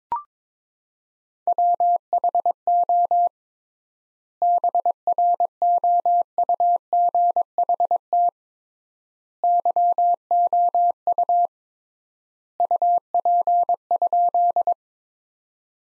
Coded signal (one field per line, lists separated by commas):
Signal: Morse code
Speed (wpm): 22 wpm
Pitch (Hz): 700 Hz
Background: none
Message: WHO BROUGHT YOU UP?